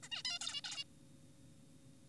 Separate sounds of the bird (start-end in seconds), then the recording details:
0.03-0.09, 0.12-0.22, 0.25-0.39, 0.41-0.61, 0.65-0.84. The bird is an adult. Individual g4p5U